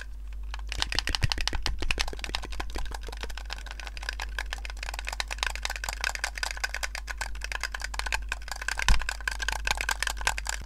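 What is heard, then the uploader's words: Crisp ASMR trigger sounds start after a brief quiet moment and run without pause: dense, rapid clicking and crackling, fairly even in level with a few sharper pops. A low steady hum sits underneath. ASMR Mouth Sounds & Triggers With A $40 Headset Mic.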